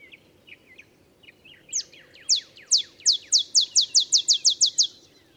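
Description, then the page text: Olive sparrow singing: a few soft lower notes, then loud descending chips accelerating into a rapid bouncing series. Male olive sparrow; simple songs likened to a field sparrow's bouncing ball song; early morning in Texas, 50 miles north of the Mexican border. "Olive sparrow. Recording early morning just 50 miles north of the Mexican border in Texas"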